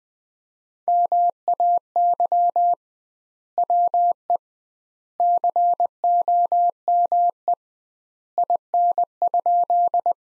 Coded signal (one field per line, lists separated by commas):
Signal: Morse code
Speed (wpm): 21 wpm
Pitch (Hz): 700 Hz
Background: none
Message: MAY WE COME IN?